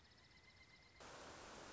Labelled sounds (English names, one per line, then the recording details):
Pileated Woodpecker
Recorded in Sonoma County, California